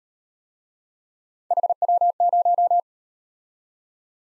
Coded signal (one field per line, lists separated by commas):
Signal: Morse code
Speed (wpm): 36 wpm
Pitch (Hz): 700 Hz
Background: none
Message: HW0